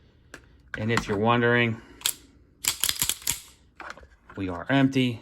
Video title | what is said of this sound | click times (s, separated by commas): C&G IWB Holster for Springfield Prodigy! | do get that click that Everyone likes right there as you can hear | 0.3 s